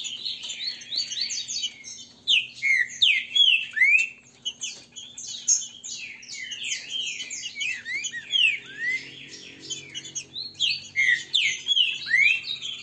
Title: Canto De Trinca Ferro. TRINCA FERRO cantando e macheando